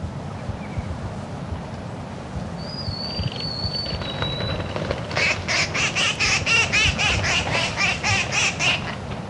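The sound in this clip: Red-crested cotinga calls: a thin, high, drawn-out whistle, then a rapid series of harsh, buzzy notes over steady low background rumble.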